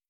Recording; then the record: hydrophone in a shrimp aquaculture tank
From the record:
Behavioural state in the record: starved